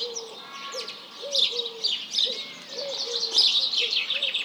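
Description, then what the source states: Chattering House Sparrow flock with bursts of high chirps, accompanied by repeated low pigeon coos and a brief whistled note from another bird. Large flock calling in the morning, mixed with various pigeons and other birds; 1 March 2007, 07:30.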